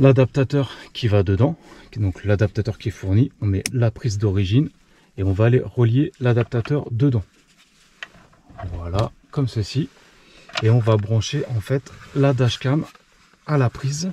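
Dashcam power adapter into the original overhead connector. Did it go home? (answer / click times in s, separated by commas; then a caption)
yes / 8.0 s. A supplied FITCAMX dashcam power adapter is plugged into the original overhead connector near the mirror of a Volvo XC40 / Polestar 2 while someone talks. A sharp plastic click at 8.0 s marks the adapter seating in the socket, followed by quieter handling.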